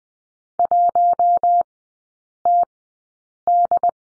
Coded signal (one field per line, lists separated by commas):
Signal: Morse code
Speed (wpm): 20 wpm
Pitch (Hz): 700 Hz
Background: none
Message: 1TD